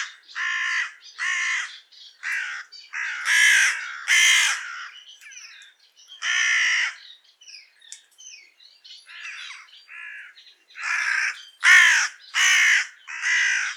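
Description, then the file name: Carrion crow calling repeatedly: rasping caws in uneven runs, with brief softer notes between bursts. "Corvus corone"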